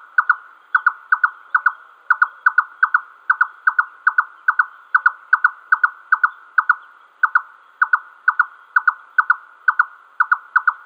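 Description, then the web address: Red-necked nightjar display song, a steady, hollow double knock repeated throughout, with no other clear sounds. Male display. "Schulze Peter Red-necked Nightjar male display"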